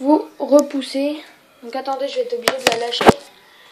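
Someone talks while pushing the plastic cover of a PS3 Ultra Slim 500 GB game console back into place, with a few short handling knocks from about 2.5 to 3.1 s. The cover has not clipped into place yet; nothing has seated or clicked.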